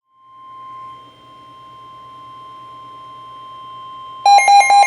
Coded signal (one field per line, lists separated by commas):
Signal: Emergency Alert System (SAME) tones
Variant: 1050 Hz attention tone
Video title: (EAS #671-672) Severe Thunderstorm Warning (KEC55)